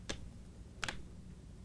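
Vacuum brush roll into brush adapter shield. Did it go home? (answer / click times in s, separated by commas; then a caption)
yes / 0.8 s. A Kirby Generation 3 vacuum brush roll is pushed into its plastic brush adapter shield over a low, steady hum. A sharp tick at 0.1 s is followed by a brighter, louder click at 0.8 s with a quick softer echo-like tick right after, as the brush roll seats fully in the shield.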